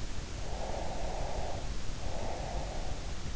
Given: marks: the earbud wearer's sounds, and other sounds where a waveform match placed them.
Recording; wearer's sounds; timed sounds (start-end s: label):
sounds in sleep by an in-ear microphone; breath
0.36-3.14 s: breath